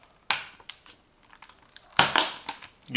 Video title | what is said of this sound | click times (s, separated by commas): Best Creators PC Build SETUP | can hear the clicks | 0.3 s, 2.0 s